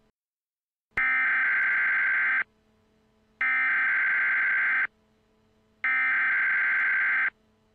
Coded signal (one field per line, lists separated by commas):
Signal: Emergency Alert System (SAME) tones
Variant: header bursts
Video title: EAS Scenario #52: Mickey Error 9: The Return of Mickey Error: Time Goes Back!